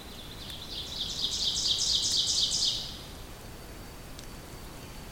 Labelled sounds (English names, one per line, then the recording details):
Ovenbird song
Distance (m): 20 m
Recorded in boreal forest in Alberta, Canada, on 2 June 2016 at 08:18
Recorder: SongMeter 3, array SBT-3-7
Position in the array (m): 23 m, 135 m
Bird 4